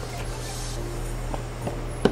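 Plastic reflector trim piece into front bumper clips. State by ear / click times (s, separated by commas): seated / 1.3 s, 2.1 s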